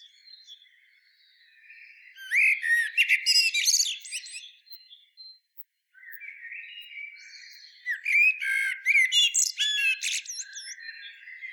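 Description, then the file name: Common blackbird singing two phrases separated by a brief quiet pause, each opening with mellow whistled notes and ending in a dense burst of thin, high, squeaky twittering. "Turdus merula"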